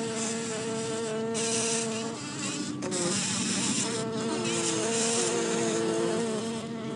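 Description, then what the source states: Bumblebee: insect buzzing with busy overlapping hums, shifting pitches and bursts of hissy, rustling noise breaking in repeatedly. Bumblebee hive.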